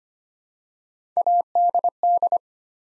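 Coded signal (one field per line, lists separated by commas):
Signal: Morse code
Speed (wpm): 25 wpm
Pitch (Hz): 700 Hz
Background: none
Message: ADD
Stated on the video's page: Morse practice building 3-letter words one letter at a time at 25 wpm, for beginners working on instant character recognition.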